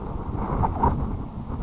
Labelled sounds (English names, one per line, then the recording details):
Grasshopper Sparrow
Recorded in Sonoma County, California